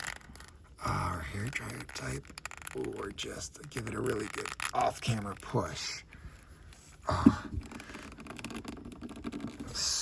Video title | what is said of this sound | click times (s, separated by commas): Batman - The Dark Knight Returns Collector Edition 22 - Action Figure Unboxing & Comparisons | still no snap sound all right | none